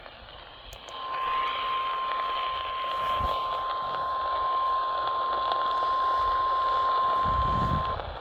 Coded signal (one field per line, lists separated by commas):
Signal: Emergency Alert System (SAME) tones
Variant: 1050 Hz attention tone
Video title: eas svr Eas#340